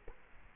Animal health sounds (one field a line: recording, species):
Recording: mosquito wingbeat signal from an infrared sensor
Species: Culex quinquefasciatus